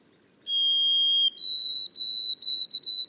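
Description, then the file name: White-throated sparrow song: a long pure whistled note, then a slightly higher whistle broken into quick repeated notes, clear over a quiet background. Boreal forest of Haute-Côte-Nord, 29 May 2018. "bruant-a-gorge-blanche-foret-boreale-de-la-haute-cote-nord-29-mai-2018"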